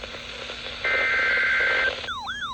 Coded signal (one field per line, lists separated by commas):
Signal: Emergency Alert System (SAME) tones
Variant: header bursts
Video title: EAS Alerts From 7/17/25: A Compilation (EAS 940-945)